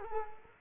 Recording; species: mosquito wingbeat signal from an infrared sensor; Culex quinquefasciatus